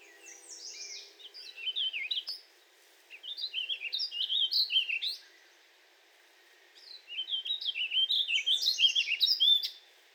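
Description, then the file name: Warbling vireo song: several warbled phrases of quick rising and falling notes, separated by short pauses. "Warbling Vireo 2 minutes of singing"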